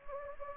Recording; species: mosquito wingbeat signal from an infrared sensor; Anopheles gambiae